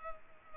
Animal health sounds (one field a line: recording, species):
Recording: mosquito wingbeat signal from an infrared sensor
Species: Culex pipiens